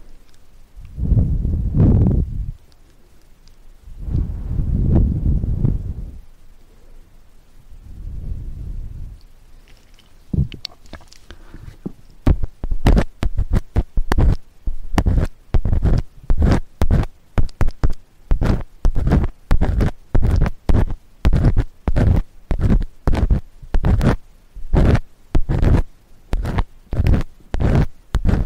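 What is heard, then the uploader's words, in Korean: Ear cleaning with a fluffy cotton ear pick. It opens with three slow, soft, muffled rubbing swells spaced a few seconds apart, then from about ten seconds shifts to quick, regular brushing strokes that crackle and rustle, repeating densely until the end. 솜털귀이개로 귀청소.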